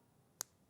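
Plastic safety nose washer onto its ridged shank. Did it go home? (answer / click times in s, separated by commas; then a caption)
yes / 0.4 s. A plastic safety nose for a soft toy, 12 millimeters high, has its plastic locking washer pushed by hand down the ridged shank. A single sharp, bright snap sounds at 0.4 s against a quiet background. The washer seats and locks so it won't come back off.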